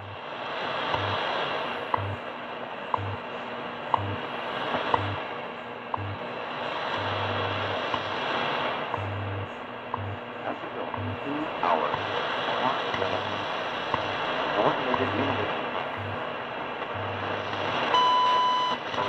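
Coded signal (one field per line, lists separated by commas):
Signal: radio time signal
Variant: WWV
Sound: hissy static with faint ticks each second, low hum pulses, then a long 1 kHz beep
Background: radio static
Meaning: The long 1 kHz tone marks the start of a new minute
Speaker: Oh a pretty good signal here from WWV time signal from Boulder Colorado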